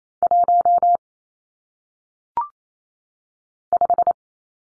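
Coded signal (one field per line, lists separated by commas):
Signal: Morse code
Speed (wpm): 28 wpm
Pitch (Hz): 700 Hz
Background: none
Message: 1 5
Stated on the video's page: 28 WPM head-copy drill of single-digit numbers, each sent in Morse, spoken, then sent again.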